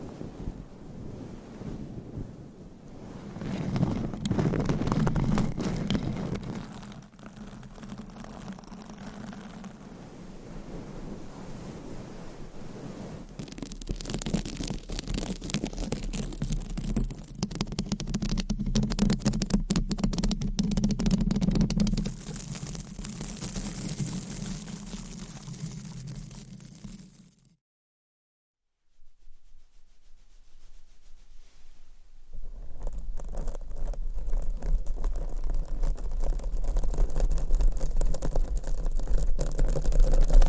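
Scratchy rubbing against a microphone, with a steady low hum and denser bursts around 4–7 and 14–22 seconds, cutting to silence near 28 seconds.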